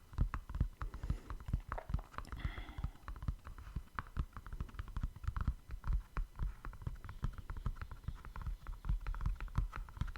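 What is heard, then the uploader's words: Tapping goes on without a break, with quick, uneven taps crowding the whole ten seconds, often several in a row with short gaps between. The taps sound mostly dull and low, with a few sharper, brighter clicks. A faint hum sits underneath, and there is no speech. Tapping No Talking.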